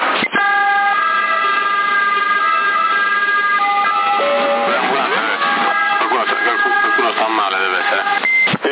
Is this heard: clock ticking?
no